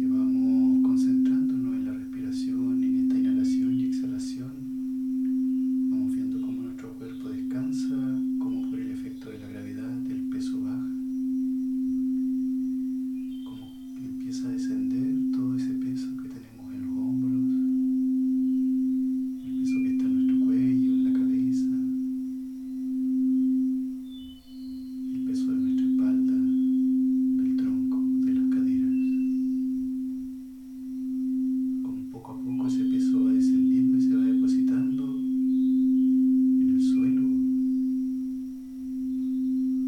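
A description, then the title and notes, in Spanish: A singing bowl session: a steady, pure ringing tone hums near 250 throughout, swelling and dipping gently as the bowl is played. Over it, a voice speaks in short phrases with brief pauses, clear, continuing across the whole stretch. Sesion de cuencos.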